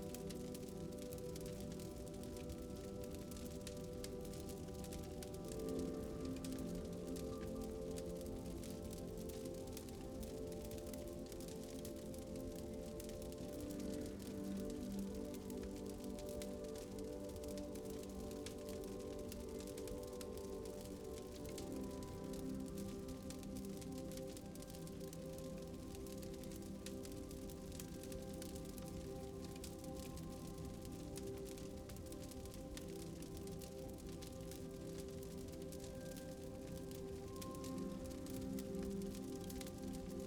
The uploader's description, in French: le doux crépitement du feu se mêle à une musique apaisante